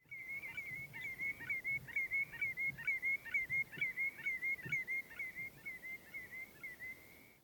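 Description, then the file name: Common greenshank giving a long, steady series of clear, slightly fluttering notes at an even pitch, about two notes per second, over faint low noise. Recorded at Herdla, Norway, on 10 May 2021. "glutt herdla"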